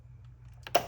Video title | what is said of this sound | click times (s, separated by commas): BMW X7 40i No Jack Oil Change+ ISTA Service Light reset | then to lock it you just squeeze those two pieces till it clicks okay | 0.7 s, 0.8 s